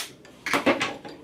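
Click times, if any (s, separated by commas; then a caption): 0.5 s. A power drill drives a bolt into the metal plate of a Printrbot Metal Plus 3D printer frame. A sharp hit lands at 0.5 s, followed by a few shorter knocks as the drill noise fades. The bolt is stripped.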